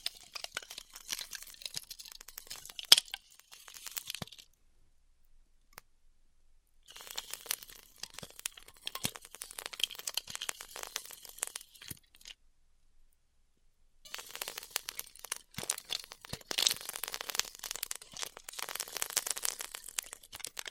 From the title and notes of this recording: ASMR Styrofoam Heat Cutting (No Talking).